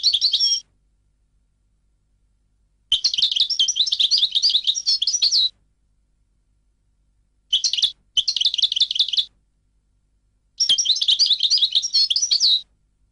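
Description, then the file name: European goldfinch singing long, jangling, twittering phrases of quick liquid notes, several seconds each, with pauses between them. "audio burung goldfinch"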